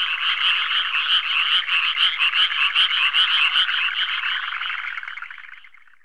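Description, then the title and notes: Frogs croaking in a pulsing chorus, quick rattled notes at a steady beat, fading away over the last two seconds. "NHK Sound Effects Collection - 3-Frogs, Crickets, Cicadas, Horses, Dogs. NHK効果音集 - 3-カエル・虫・セミ・ウマ・イヌ"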